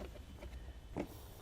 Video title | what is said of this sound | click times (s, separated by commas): etrailer - Set up: PTC Custom Fit Cabin Air Filter on a 2021 Volkswagen Atlas | fold the glove backs up it just snaps back into place and we'll get that dampening latch re-secured | 1.0 s